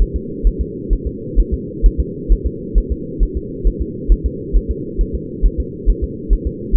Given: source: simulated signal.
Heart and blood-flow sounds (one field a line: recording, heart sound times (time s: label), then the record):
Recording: fetal heart sounds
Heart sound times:
0.02 s: S1
0.16 s: S2
0.47 s: S1
0.61 s: S2
0.93 s: S1
1.07 s: S2
1.40 s: S1
1.54 s: S2
1.86 s: S1
2.00 s: S2
2.32 s: S1
2.47 s: S2
2.78 s: S1
2.92 s: S2
3.23 s: S1
3.37 s: S2
3.67 s: S1
3.81 s: S2
4.12 s: S1
4.26 s: S2
4.56 s: S1
4.71 s: S2
5.01 s: S1
5.15 s: S2
5.46 s: S1
5.60 s: S2
5.90 s: S1
6.04 s: S2
6.33 s: S1
6.47 s: S2
6.76 s: S1
From the record:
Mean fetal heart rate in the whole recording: 135 bpm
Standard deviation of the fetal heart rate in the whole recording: 3 bpm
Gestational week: 36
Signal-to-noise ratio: -4.1 dB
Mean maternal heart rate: no maternal heart sound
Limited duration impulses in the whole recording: absent